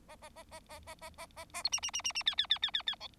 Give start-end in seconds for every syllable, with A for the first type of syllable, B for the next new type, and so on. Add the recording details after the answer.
0.08-0.15 A, 0.21-0.29 A, 0.36-0.43 A, 0.51-0.60 A, 0.69-0.79 A, 0.87-0.95 A, 1.01-1.10 A, 1.18-1.26 A, 1.37-1.45 A, 1.53-1.62 A, 1.64-1.69 B, 1.72-1.80 C, 1.82-1.91 C, 1.93-2.02 C, 2.04-2.12 C, 2.15-2.23 C, 2.26-2.35 D, 2.38-2.47 D, 2.50-2.59 D, 2.62-2.71 D, 2.73-2.82 D, 2.87-2.95 D, 3.00-3.08 E. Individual Bird4